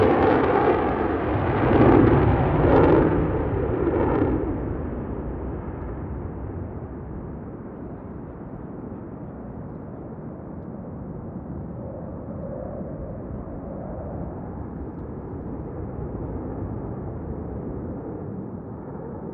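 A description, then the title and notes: A fighter jet roars past, loudest in the first four seconds with a deep, rough rumble and a brief sweeping hiss. The roar then fades into a steady low rumble that lingers to the end, dulling as the jet recedes. Blue Angels F/A-18 Hornet Passby. Recorder: SD702 mid-side configuration mid: MKH8060 side: MKH30.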